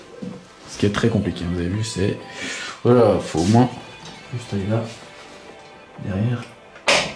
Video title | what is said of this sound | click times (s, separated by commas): [MONTAGE PC] Installation du SLI de 1080 : Partie 6 | vous entendez ce clipse c'est qu'on est bon si vous l'entendez pas c'est | 6.9 s